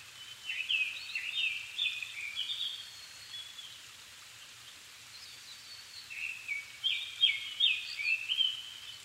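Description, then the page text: Japanese thrush song in two phrases, each a string of loud whistled notes with quick descending slurs, separated by a short pause. Niigata Prefecture, Japan, 270 m altitude; 7 May 2011 at 17:59, evening; Sony PCM-D50 recorder, Panasonic WM-61A mic. "kurotugumi 20110507-1759. Turdus cardis [Sounds -Nikko Today-]"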